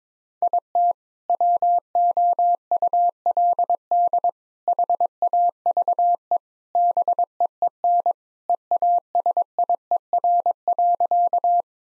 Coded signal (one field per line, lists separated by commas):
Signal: Morse code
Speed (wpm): 22 wpm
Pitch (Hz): 700 Hz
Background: none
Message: IT WOULD HAVE BEEN EASIER.